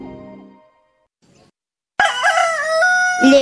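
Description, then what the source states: Chicken: rooster crowing, a loud harsh harmonic crow bursting in after a short pause and held to the end, after a fainter, lower sound fades out at the start. Rooster crowing, recorded 7 September 2014 at 12:33.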